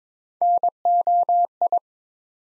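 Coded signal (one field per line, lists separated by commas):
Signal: Morse code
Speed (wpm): 23 wpm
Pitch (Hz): 700 Hz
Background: none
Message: NOI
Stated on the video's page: Morse practice set at 22 wpm, building 5-letter words one letter at a time for instant character recognition training.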